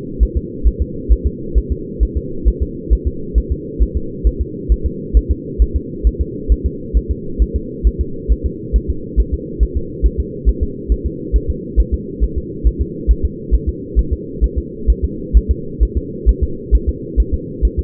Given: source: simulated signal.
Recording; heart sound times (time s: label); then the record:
fetal heart sounds
0.23 s: S1
0.37 s: S2
0.67 s: S1
0.82 s: S2
1.12 s: S1
1.27 s: S2
1.58 s: S1
1.72 s: S2
2.03 s: S1
2.17 s: S2
2.48 s: S1
2.63 s: S2
2.93 s: S1
3.08 s: S2
3.38 s: S1
3.52 s: S2
3.82 s: S1
3.97 s: S2
4.27 s: S1
4.41 s: S2
4.72 s: S1
4.86 s: S2
5.17 s: S1
5.31 s: S2
5.62 s: S1
5.76 s: S2
6.07 s: S1
6.21 s: S2
6.52 s: S1
6.66 s: S2
6.97 s: S1
7.11 s: S2
7.42 s: S1
7.56 s: S2
7.87 s: S1
8.01 s: S2
8.32 s: S1
8.46 s: S2
8.76 s: S1
8.90 s: S2
9.20 s: S1
9.34 s: S2
9.63 s: S1
9.77 s: S2
10.06 s: S1
10.20 s: S2
10.49 s: S1
10.63 s: S2
10.92 s: S1
11.06 s: S2
11.36 s: S1
11.50 s: S2
11.80 s: S1
11.94 s: S2
12.24 s: S1
12.38 s: S2
12.67 s: S1
12.81 s: S2
13.11 s: S1
13.25 s: S2
13.55 s: S1
13.69 s: S2
13.99 s: S1
14.13 s: S2
14.44 s: S1
14.58 s: S2
14.90 s: S1
15.05 s: S2
15.37 s: S1
15.51 s: S2
15.83 s: S1
15.97 s: S2
16.29 s: S1
16.44 s: S2
16.75 s: S1
16.89 s: S2
17.20 s: S1
17.34 s: S2
17.65 s: S1
17.79 s: S2
From the record:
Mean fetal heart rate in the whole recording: 135 bpm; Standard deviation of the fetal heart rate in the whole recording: 3 bpm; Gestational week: 34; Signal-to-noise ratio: -4.3 dB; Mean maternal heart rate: 72 bpm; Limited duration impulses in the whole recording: absent